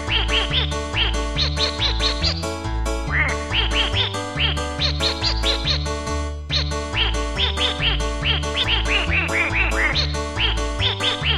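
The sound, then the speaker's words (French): Rapid quacks pitched up and down like a melody ride over a pulsing bass line and steady dance beat, forming a playful duck solo that runs without pause through the song. “Solo de canard.”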